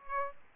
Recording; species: mosquito wingbeat signal from an infrared sensor; Aedes aegypti